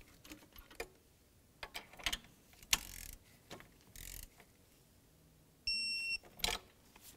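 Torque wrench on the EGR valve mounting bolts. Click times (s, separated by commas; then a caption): 2.7 s, 6.4 s. A click-type torque wrench tightens the two 13mm EGR valve mounting bolts on a 2000-2005 Buick LeSabre to 22 ft-lb. Light ratcheting comes before sharp clicks at 2.7 s and 6.5 s, and the bolts are confirmed torqued.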